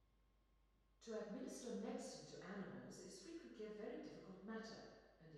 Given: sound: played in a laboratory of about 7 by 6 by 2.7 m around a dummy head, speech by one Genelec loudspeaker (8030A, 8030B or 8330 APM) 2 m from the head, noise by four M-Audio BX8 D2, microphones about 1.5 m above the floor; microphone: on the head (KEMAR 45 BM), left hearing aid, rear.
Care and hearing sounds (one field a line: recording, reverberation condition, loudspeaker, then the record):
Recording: female speech in English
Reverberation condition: high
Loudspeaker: 90 degrees to the right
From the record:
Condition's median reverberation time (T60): about 1300 ms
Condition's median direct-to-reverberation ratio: about -4.0 dB